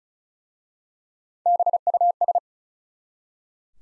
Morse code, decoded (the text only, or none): BUS